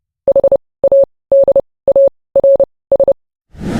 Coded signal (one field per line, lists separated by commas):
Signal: Morse code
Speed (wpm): 30 wpm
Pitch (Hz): 550 Hz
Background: none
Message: HADARS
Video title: Club Talk - Learning CW Changed My Life - 13/05/2025